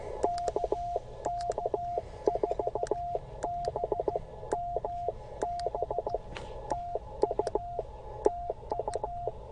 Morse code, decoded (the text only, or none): KK4BMB TU TU